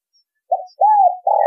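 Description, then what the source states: Spotted dove coo phrase: a short note, then a long arching coo sliding down, then a steady rough final note. Vietnamese cooing style called giọng thổ đồng.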